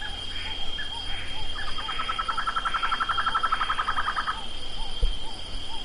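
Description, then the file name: Bird trill: a quick series of pulsed notes held level for nearly three seconds, then stopping, with faint soft notes around it and a single low thump. "SABIOD 50 bird 2015"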